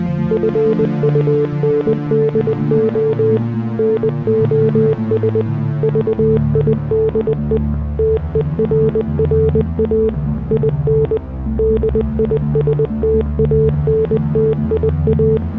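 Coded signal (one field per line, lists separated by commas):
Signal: Morse code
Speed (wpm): 20 wpm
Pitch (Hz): 440 Hz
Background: music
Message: FUNDO NOS VIDE TERRA IN DISTANTIA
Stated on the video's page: Text and music in Morse code.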